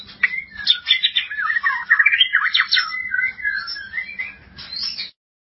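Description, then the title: White-rumped shama song: a rapid, varied run of whistled and chattering phrases sweeping up and down, continuous for about five seconds, then silence. "Kicau Murai Batu"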